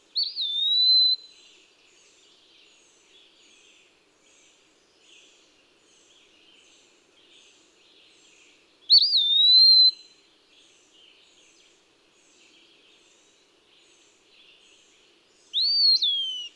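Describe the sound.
Eastern wood-pewee singing three high, slurred whistled phrases spaced several seconds apart, each swooping up and then falling, with faint chirps between them.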